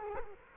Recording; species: mosquito wingbeat signal from an infrared sensor; Culex quinquefasciatus